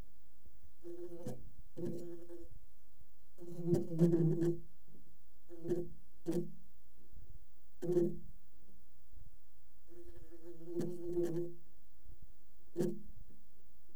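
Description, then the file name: Fly buzzing in short low-pitched bursts with a humming tone, starting and stopping irregularly, some bursts with sharp taps. "Moscona"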